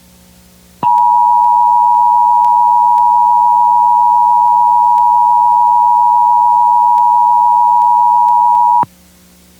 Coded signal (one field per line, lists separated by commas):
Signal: Emergency Alert System (SAME) tones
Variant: 853 and 960 Hz attention tone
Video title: EAS Scenario #4: World War III: The Alaskan Files (Part 4)